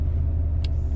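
A DIY tablet mount is pushed firmly back into the open storage pocket under a single-DIN radio in an S10 Blazer's dashboard, over a steady low rumble. One sharp click is heard at 0.6 s as the mount seats home.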